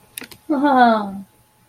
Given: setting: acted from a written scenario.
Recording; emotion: vocal sound without words; sympathy